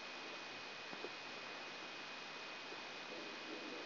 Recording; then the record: brain microelectrode recording played as sound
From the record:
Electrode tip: inside the subthalamic nucleus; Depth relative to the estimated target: 2 mm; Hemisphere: right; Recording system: AlphaMap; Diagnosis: Parkinson's disease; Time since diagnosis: 9 years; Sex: male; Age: 53 years